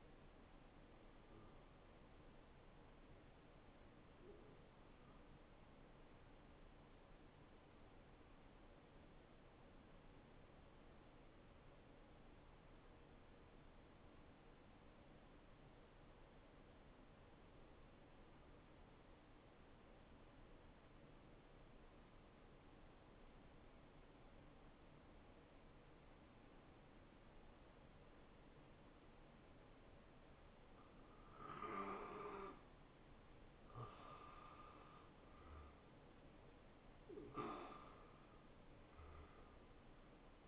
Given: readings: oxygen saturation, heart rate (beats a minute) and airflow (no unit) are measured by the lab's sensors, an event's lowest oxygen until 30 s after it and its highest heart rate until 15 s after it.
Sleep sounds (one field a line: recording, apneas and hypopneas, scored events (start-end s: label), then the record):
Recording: breathing in sleep by a voice recorder at the bedside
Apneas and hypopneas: 1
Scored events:
3.00-31.70 s: hypopnea (N2, oxygen 96% highest, then 93% lowest, heart rate 70 at the start, 70 highest)
28.00-40.48 s: new sleep stage, N1 (lightest sleep)
From the record:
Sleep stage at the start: N2 (light sleep)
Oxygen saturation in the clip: 89 to 96%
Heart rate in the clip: 62 to 71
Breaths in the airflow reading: 4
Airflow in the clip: -13.3 to 6.8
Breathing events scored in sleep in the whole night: 263 in 5.5 hours asleep